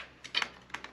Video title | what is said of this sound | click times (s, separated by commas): SURLY KARATE MONKEY CUSTON BUILD | Slide it in, turn it down, clicks into place, | 0.4 s